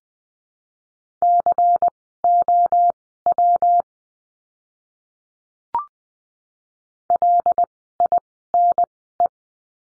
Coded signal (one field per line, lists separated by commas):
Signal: Morse code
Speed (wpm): 20 wpm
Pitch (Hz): 700 Hz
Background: none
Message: COW LINE